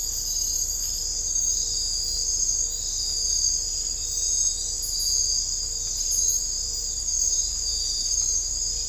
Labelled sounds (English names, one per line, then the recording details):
none
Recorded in dense forest near Puerto Asís, Putumayo, Colombia, on 21 December 2024 at 03:30
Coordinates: 0.500, -76.322
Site G053